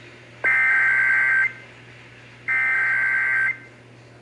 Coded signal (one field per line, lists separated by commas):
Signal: Emergency Alert System (SAME) tones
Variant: header bursts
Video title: (EAS #460) Severe Thunderstorm Warning (WBAP-AM)